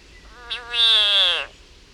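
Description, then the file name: Frog giving a loud, rasping, meow-like scream that stays even for most of its length and drops slightly at the close. Frog in agony. "agony of a frog"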